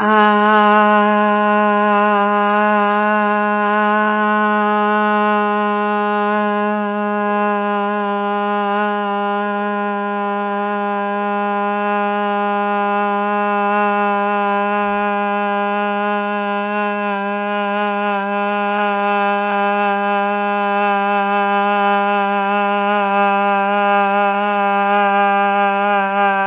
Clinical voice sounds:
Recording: sustained vowel /a/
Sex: female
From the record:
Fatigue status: no fatigue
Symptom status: asymptomatic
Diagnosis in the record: COVID-19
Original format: 3gp

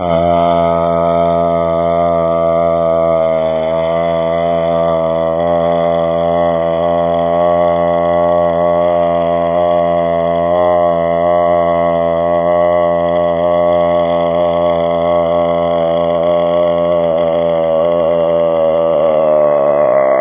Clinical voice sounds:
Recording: sustained vowel /a/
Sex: male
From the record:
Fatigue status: no fatigue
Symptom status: asymptomatic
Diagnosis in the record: COVID-19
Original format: 3gp

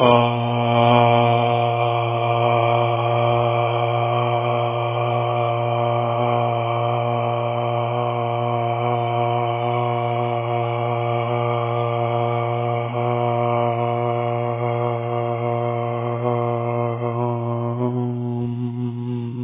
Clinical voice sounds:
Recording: sustained vowel /a/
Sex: male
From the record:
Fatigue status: no fatigue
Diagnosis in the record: COVID-19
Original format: 3gp

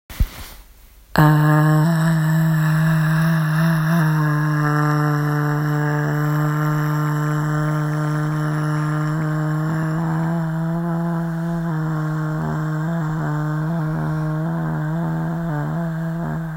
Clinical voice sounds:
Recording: sustained vowel /a/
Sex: female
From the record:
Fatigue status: fatigue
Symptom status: symptomatic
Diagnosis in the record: COVID-19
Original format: m4a

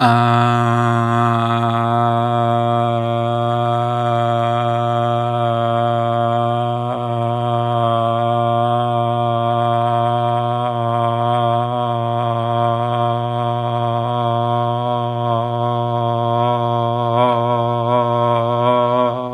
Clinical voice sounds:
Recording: sustained vowel /a/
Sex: male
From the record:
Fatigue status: no fatigue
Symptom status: asymptomatic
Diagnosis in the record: COVID-19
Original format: m4a

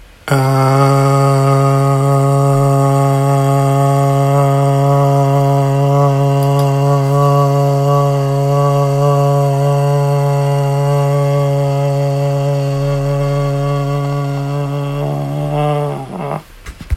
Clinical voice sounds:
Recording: sustained vowel /a/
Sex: male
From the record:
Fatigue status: fatigue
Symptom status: symptomatic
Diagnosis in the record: COVID-19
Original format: m4a

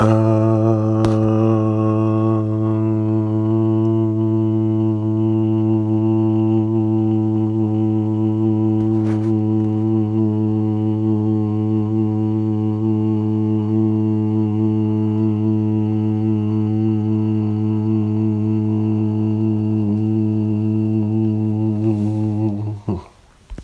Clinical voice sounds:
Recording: sustained vowel /a/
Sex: male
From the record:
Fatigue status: fatigue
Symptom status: symptomatic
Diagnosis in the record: COVID-19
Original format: m4a

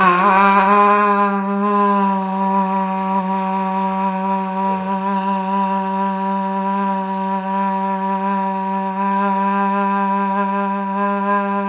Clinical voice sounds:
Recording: sustained vowel /a/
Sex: female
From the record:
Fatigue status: no fatigue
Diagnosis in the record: COVID-19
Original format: 3gp

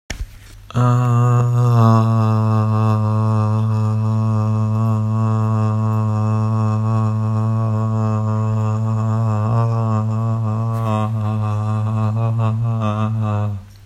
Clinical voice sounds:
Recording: sustained vowel /a/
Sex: male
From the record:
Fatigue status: no fatigue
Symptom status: asymptomatic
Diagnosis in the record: COVID-19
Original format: m4a

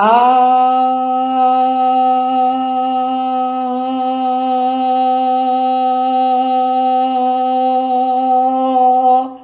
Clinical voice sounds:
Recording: sustained vowel /a/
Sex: female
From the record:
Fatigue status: no fatigue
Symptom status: symptomatic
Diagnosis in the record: COVID-19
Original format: 3gp

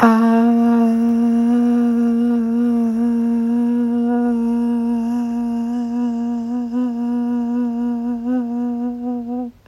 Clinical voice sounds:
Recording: sustained vowel /a/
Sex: female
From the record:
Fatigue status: fatigue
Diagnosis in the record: COVID-19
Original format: m4a

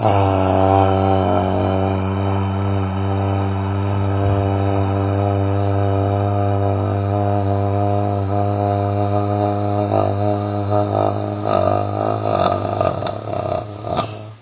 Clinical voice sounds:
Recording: sustained vowel /a/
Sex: male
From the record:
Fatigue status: no fatigue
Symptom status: asymptomatic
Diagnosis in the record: COVID-19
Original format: 3gp

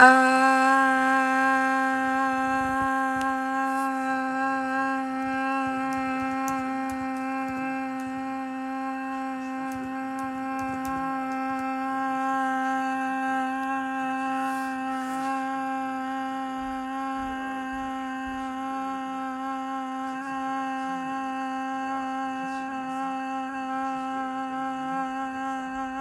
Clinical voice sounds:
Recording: sustained vowel /a/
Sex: female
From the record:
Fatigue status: no fatigue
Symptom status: symptomatic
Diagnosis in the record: COVID-19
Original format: m4a

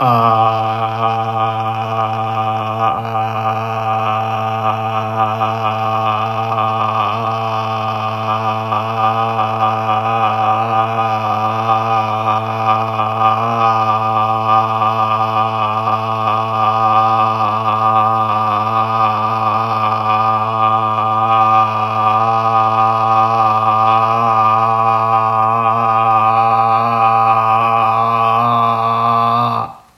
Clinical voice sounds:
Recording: sustained vowel /a/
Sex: male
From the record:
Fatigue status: no fatigue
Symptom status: asymptomatic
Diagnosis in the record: COVID-19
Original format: m4a

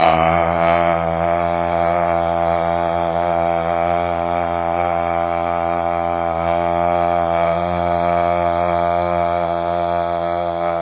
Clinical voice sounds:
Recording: sustained vowel /a/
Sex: male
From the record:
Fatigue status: no fatigue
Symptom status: symptomatic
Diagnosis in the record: COVID-19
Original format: 3gp

